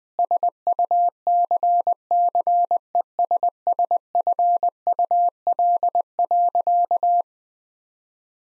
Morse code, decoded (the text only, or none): SUCCESSFUL.